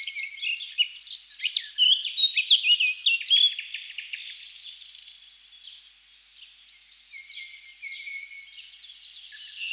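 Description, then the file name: Eurasian blackcap song: a rich, hurried warble of chattering and whistled notes peaking early, fading into quieter twitters, with soft background noise. "Sylvia atricapilla"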